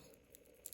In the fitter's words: It's got a nice click down as well.